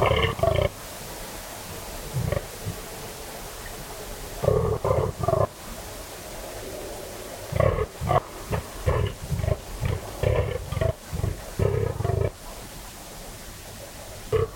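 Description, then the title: Fallow deer groans in the rut: low, rough belches in short bursts of several, separated by quiet pauses of a second or more. Fallow buck rutting at 3am on a cold, still, moonless autumn night in West Dorset, England; he is staking his claim, warning off rivals and guarding his does; bellow echoes through combes and hills. "Sound Escape. the eerie and dramatic fallow deer rut on a dark Dorset night"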